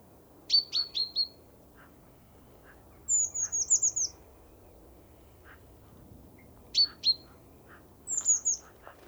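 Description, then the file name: Great tit calls: short groups of sharp, high notes alternating with quick series of downslurred high chips, heard in four bursts over quiet background. "Parus major"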